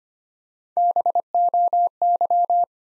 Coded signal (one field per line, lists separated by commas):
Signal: Morse code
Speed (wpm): 25 wpm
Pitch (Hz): 700 Hz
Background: none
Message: BOY